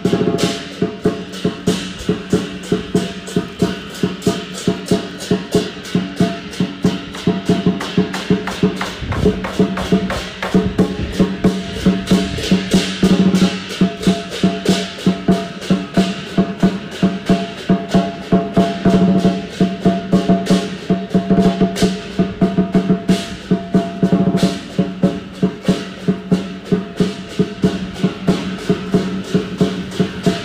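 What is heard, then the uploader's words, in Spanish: A Chinese community's dragon dance ritual in a small temple in Malacca, carried by dense, fast, evenly driven percussion hits for the full half minute. A steady low ringing tone runs underneath, with bright crashing cymbal-like clashes swelling around ten and thirteen seconds. Ritual muy especial de comunidad china en un pequeño templo en Malaca: la danza del dragón. Los tambores al compás, los músicos acompañando.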